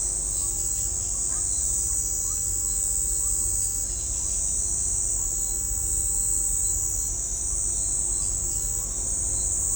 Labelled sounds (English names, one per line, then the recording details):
none
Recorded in shrubland near Pivijay, Magdalena, Colombia, on 1 June 2023 at 05:00
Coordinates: 10.453, -74.365
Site P5-G022